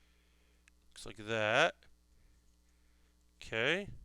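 A plastic leg part of a model robot kit is handled as it is being fitted into the adjoining leg/foot frame during assembly. Someone talks over quiet background hum, with a faint tick near 0.7 s. Nothing has seated or clicked yet.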